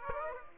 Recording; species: mosquito wingbeat signal from an infrared sensor; Aedes aegypti